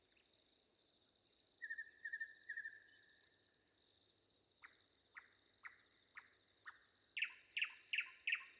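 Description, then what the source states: Common nightingale singing clear whistled notes, then a series of rapid falling strokes, set against constant loud cricket stridulation. Crickets audible.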